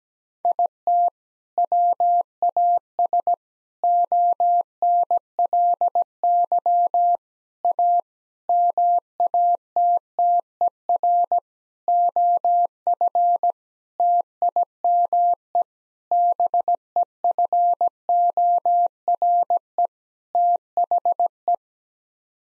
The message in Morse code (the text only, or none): IT WAS ONLY A MATTER OF TIME BEFORE THE